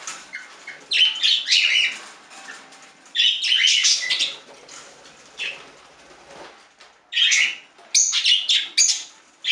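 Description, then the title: Budgerigar chatter in bursts of buzzy, scratchy warbling with short chirps, separated by brief quiet gaps. "Budgie Sounds"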